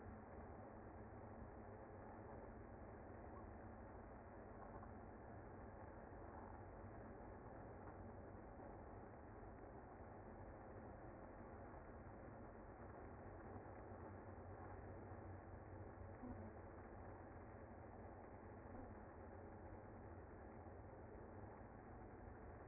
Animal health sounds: honeybee colony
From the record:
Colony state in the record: active

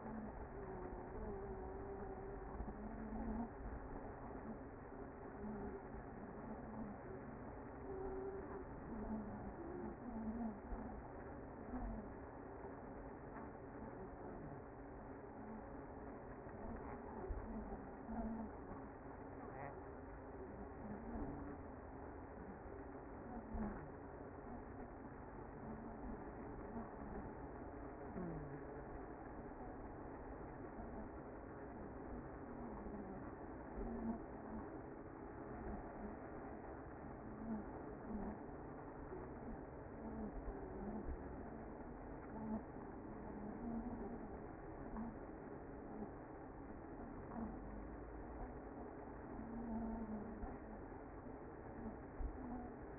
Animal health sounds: honeybee colony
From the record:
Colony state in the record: active

